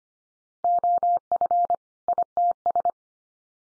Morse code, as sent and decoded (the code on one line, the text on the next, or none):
--- ..-. / .. - ...
OF ITS